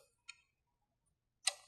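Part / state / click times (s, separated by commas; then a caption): separation roller onto shaft in printer multipurpose tray / seated / 1.5 s. A new separation roller is pushed onto its shaft in the multipurpose tray (tray 1) of an HP P4015 printer during a maintenance kit replacement. A faint tick comes at 0.3 s, then a sharp, louder click at 1.5 s as the roller seats.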